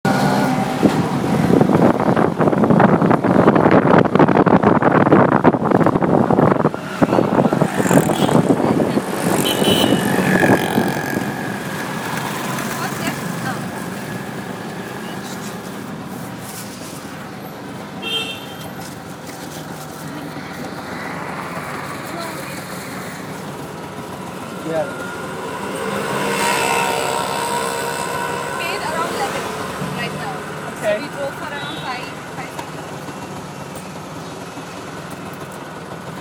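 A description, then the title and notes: A rickshaw ride with a loud, rattling engine for the first ten seconds, then quieter steady traffic rumble, passing vehicles, and occasional voices. Rickshaw Ride at Pali Hill by Dave Haynes.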